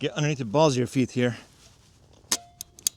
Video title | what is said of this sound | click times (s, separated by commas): Crossbow vs Air Rifle: Settle This Now | And pull straight back until you have that second click. | 2.3 s, 2.9 s